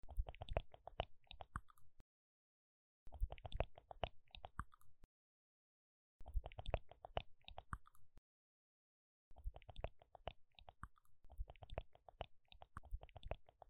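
Mouth sounds come in four bursts of about two seconds each, split by short stretches of complete silence; the last burst runs longer, to the end. Each burst is a dense run of wet clicks, smacks and chewing-like noises, low and crackly with bright edges.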